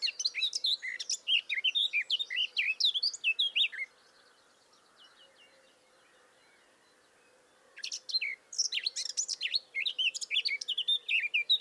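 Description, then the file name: Eurasian blackcap song in two long bursts of fast, scratchy warbling, split by a quiet pause with faint bird sounds. "Sylvia atricapilla"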